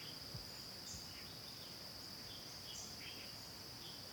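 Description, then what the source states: Insects drone in a constant high-pitched buzz that never pauses, while a few birds give brief thin chirps. Forest ambience, constant insect sound with a few birds.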